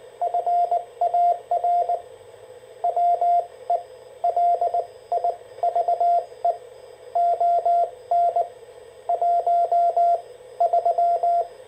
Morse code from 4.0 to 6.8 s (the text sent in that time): LIVE